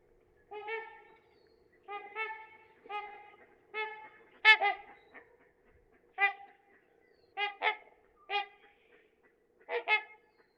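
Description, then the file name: Trumpeter swan honking: nasal, horn-like calls rich in overtones, given singly or in quick pairs about once a second, with a faint low background hum. "dan-gibsons-solitudes trumpeter-swan"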